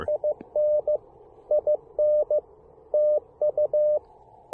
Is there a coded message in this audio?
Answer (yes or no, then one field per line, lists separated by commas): yes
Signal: Morse code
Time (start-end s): 0.1-4.0 s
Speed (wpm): 20 wpm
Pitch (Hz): 590 Hz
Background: none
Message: IN IN TU